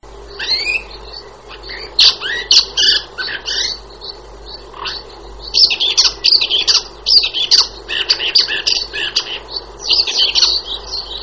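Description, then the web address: Shrike chattering song, a busy run of scratchy, squeaky high notes and short whistles in bursts, with brief pauses between phrases. "wroblowe laniidae"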